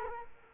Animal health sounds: mosquito wingbeat signal from an infrared sensor; Culex quinquefasciatus

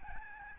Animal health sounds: mosquito wingbeat signal from an infrared sensor; Aedes albopictus

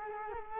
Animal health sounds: mosquito wingbeat signal from an infrared sensor; Culex quinquefasciatus

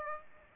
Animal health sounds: mosquito wingbeat signal from an infrared sensor; Aedes aegypti

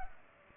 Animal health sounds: mosquito wingbeat signal from an infrared sensor; Culex pipiens

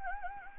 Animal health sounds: mosquito wingbeat signal from an infrared sensor; Anopheles gambiae

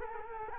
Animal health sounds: mosquito wingbeat signal from an infrared sensor; Culex quinquefasciatus

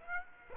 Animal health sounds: mosquito wingbeat signal from an infrared sensor; Aedes aegypti

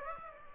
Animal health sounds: mosquito wingbeat signal from an infrared sensor; Aedes aegypti

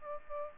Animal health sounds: mosquito wingbeat signal from an infrared sensor; Aedes aegypti

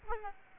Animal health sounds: mosquito wingbeat signal from an infrared sensor; Aedes albopictus

